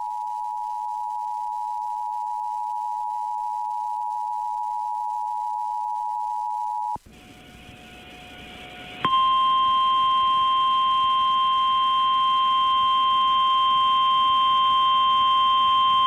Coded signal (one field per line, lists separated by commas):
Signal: Emergency Alert System (SAME) tones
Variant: 853 and 960 Hz attention tone